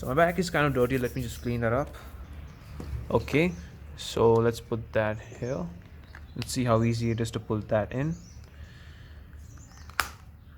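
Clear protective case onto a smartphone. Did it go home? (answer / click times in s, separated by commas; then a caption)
yes / 10.0 s. A clear plastic/TPU Spigen Ultra Hybrid case is pressed onto a Google Pixel 4a until its edge snaps over the phone's frame, while someone talks for most of the clip. A sharp, loud snap is heard at 10.0 s as the case seats with a tight fit.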